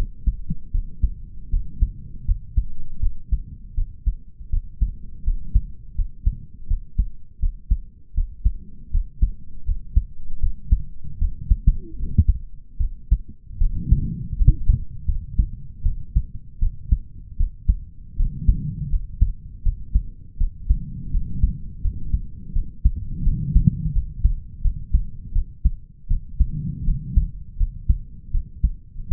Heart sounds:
heart sounds by stethoscope; 80 bpm
0.71 s: heartbeat
1.50 s: heartbeat
2.25 s: heartbeat
3.00 s: heartbeat
3.74 s: heartbeat
4.50 s: heartbeat
5.23 s: heartbeat
5.95 s: heartbeat
6.67 s: heartbeat
7.39 s: heartbeat
8.14 s: heartbeat
8.90 s: heartbeat
9.64 s: heartbeat
10.39 s: heartbeat
11.18 s: heartbeat
11.96 s: heartbeat
12.78 s: heartbeat
13.58 s: heartbeat
14.36 s: heartbeat
15.05 s: heartbeat
15.82 s: heartbeat
16.59 s: heartbeat
17.36 s: heartbeat
18.16 s: heartbeat
18.89 s: heartbeat
19.62 s: heartbeat
20.37 s: heartbeat
21.10 s: heartbeat
21.81 s: heartbeat
22.52 s: heartbeat
23.23 s: heartbeat
23.92 s: heartbeat
24.61 s: heartbeat
25.32 s: heartbeat
26.07 s: heartbeat
26.84 s: heartbeat
27.57 s: heartbeat
28.31 s: heartbeat
29.08 s: heartbeat
From the record:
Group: healthy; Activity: rest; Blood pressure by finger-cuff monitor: 91/66 mmHg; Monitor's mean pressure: 74 mmHg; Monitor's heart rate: 80 bpm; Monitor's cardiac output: 5.6 L/min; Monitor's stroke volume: 69 mL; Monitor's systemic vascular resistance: 950 dyn s/cm5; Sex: male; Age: 20 years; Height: 187 cm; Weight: 68.9 kg

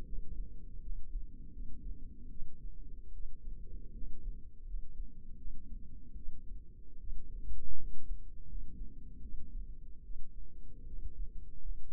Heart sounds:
heart sounds by microphone in the left ear; 78 bpm
0.05 s: heartbeat
0.81 s: heartbeat
1.52 s: heartbeat
2.30 s: heartbeat
3.13 s: heartbeat
3.94 s: heartbeat
4.66 s: heartbeat
5.37 s: heartbeat
6.16 s: heartbeat
7.00 s: heartbeat
7.77 s: heartbeat
8.47 s: heartbeat
9.22 s: heartbeat
10.03 s: heartbeat
10.86 s: heartbeat
11.61 s: heartbeat
From the record:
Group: healthy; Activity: rest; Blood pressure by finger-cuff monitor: 132/74 mmHg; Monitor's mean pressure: 90 mmHg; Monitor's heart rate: 77 bpm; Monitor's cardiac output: 6.7 L/min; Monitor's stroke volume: 87 mL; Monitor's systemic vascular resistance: 1000 dyn s/cm5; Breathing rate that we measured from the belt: 17 breaths a minute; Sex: female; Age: 22 years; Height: 160 cm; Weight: 63 kg

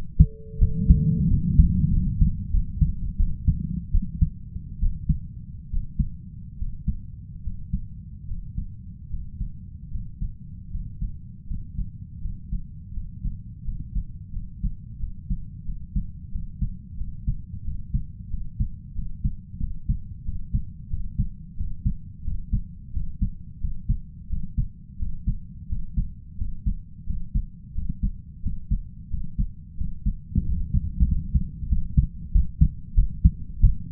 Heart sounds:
heart sounds by stethoscope; 85 bpm
0.58 s: heartbeat
1.27 s: heartbeat
1.90 s: heartbeat
2.50 s: heartbeat
3.16 s: heartbeat
3.91 s: heartbeat
4.79 s: heartbeat
5.69 s: heartbeat
6.57 s: heartbeat
7.42 s: heartbeat
8.26 s: heartbeat
9.09 s: heartbeat
9.90 s: heartbeat
10.69 s: heartbeat
11.46 s: heartbeat
12.20 s: heartbeat
12.92 s: heartbeat
13.63 s: heartbeat
14.31 s: heartbeat
14.98 s: heartbeat
15.64 s: heartbeat
16.30 s: heartbeat
16.96 s: heartbeat
17.63 s: heartbeat
18.29 s: heartbeat
18.94 s: heartbeat
19.59 s: heartbeat
20.24 s: heartbeat
20.89 s: heartbeat
21.56 s: heartbeat
22.23 s: heartbeat
22.92 s: heartbeat
23.60 s: heartbeat
24.29 s: heartbeat
24.98 s: heartbeat
25.68 s: heartbeat
26.37 s: heartbeat
27.06 s: heartbeat
27.74 s: heartbeat
28.42 s: heartbeat
29.09 s: heartbeat
29.77 s: heartbeat
30.45 s: heartbeat
31.05 s: heartbeat
31.68 s: heartbeat
32.32 s: heartbeat
32.94 s: heartbeat
33.60 s: heartbeat
From the record:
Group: healthy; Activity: Valsalva maneuver 0-30 s, rest 30-34 s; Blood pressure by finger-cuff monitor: 104/70 mmHg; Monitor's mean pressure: 77 mmHg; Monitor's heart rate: 87 bpm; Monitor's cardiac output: 5.2 L/min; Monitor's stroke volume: 64 mL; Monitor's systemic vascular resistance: 1030 dyn s/cm5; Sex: male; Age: 20 years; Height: 167 cm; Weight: 61 kg

